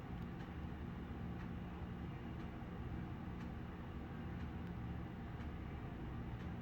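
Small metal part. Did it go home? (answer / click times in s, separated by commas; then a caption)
no / none. An Align Tactical extended magazine release is pinched and lined up by hand against the groove in a SIG P365 FUSE pistol grip module for about 7 seconds. A steady low rumble and hum fills the clip with only faint handling ticks. Nothing has clicked into place yet.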